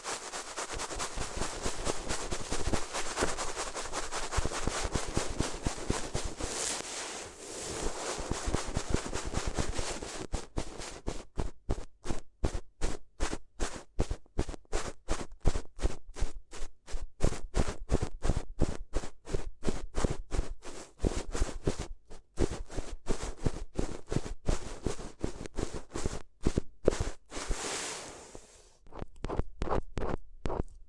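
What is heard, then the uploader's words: Paper ears are handled for ASMR, starting with a dense, continuous crinkling and rustling for the first ten seconds. After that the sound breaks into quick, regular crisp taps or crumples, steady through to the end, with a brief brighter swish near twenty-eight seconds. ASMR If You Had Paper Ears (No Talking).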